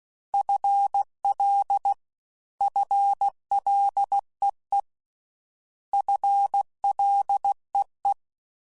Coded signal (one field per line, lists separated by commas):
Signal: Morse code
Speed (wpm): 16 wpm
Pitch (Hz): 800 Hz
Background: none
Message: FL FLEE FLEE